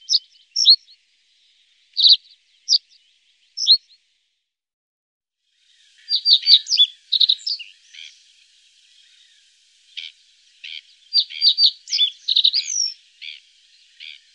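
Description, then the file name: Common reed bunting song: a few sharp, separate chirps, then two quicker bursts of high, jerky notes after a short pause. "Savsparv"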